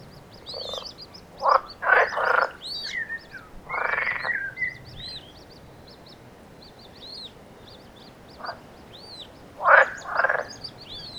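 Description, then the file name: Frogs croaking in short, irregular bursts, some louder than others, with high arched chirps from other small callers sounding throughout and quiet gaps between. Frogs in nature. "Frogs In Nature Sandermotions"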